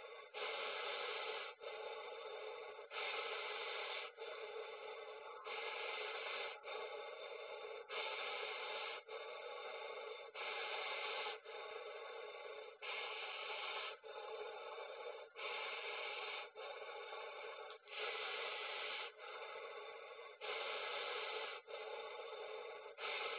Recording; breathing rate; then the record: paced breathing near a phone; 24 breaths a minute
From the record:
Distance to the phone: 20 cm